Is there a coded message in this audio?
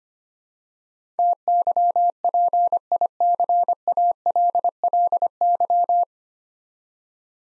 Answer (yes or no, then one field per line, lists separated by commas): yes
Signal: Morse code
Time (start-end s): 1.2-6.0 s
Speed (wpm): 25 wpm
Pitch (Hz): 700 Hz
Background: none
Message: TYPICALLY